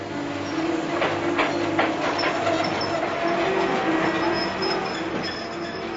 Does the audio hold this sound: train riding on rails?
yes